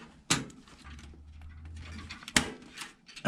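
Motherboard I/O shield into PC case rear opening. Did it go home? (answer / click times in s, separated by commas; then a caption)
yes / 0.3 s, 2.4 s. A metal rear I/O shield for a motherboard is lined up on the back of a PC case and pressed into the rear opening with a little pressure. Sharp snaps are heard at 0.3 s and 2.4 s over low handling noise. The shield snaps into place and is seated.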